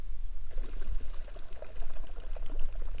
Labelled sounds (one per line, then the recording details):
water
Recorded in the Prudhoe Bay oil fields, Alaska, on 11 June 2019 at 05:13
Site 21